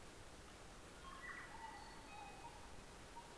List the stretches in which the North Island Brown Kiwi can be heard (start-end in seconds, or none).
none